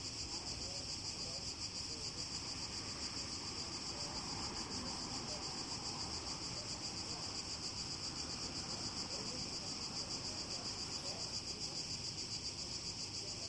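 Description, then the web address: Cicada chorus: an unbroken, rapidly pulsing high-pitched drone that holds steady for the whole stretch, with soft low-frequency noise beneath. Greece, 29 July 2015. "cigales grece-072015"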